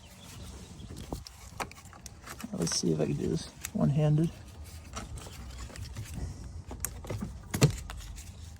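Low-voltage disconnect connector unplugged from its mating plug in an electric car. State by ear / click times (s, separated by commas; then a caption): released / 6.9 s. A plastic low-voltage disconnect connector is unplugged one-handed from its mating plug in a Tesla electric car to disable the high-voltage contactors before removing panels. Someone talks over faint rustling and handling taps, then a sharp click at 6.9 s marks the connector releasing. The contactors are disabled.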